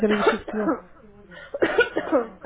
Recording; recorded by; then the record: voluntary cough; telephone call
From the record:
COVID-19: negative